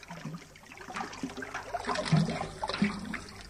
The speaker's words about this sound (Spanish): Cierta vez el río aumentó súbitamente de nivel y el agua inundó las casas. La cuna del nene, flotando, fue arrastrada por la corriente.